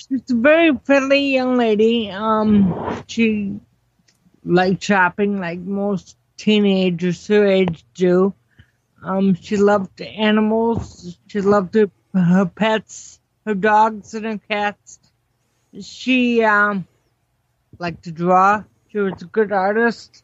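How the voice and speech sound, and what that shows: An adult woman speaks with ataxic dysarthria caused by cerebellar ataxia, a condition that causes muscular and speech problems. Her speech is slow and halting, with frequent pauses, drawn-out sounds and filled pauses between short phrases.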